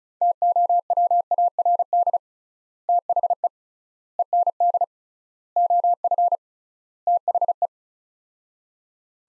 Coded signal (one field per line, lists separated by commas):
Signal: Morse code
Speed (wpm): 34 wpm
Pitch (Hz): 700 Hz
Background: none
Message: TOWARD THE END OF THE